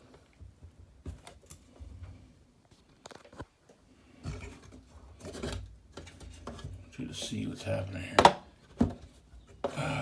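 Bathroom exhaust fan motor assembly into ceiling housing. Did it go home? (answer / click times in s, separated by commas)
yes / 9.6 s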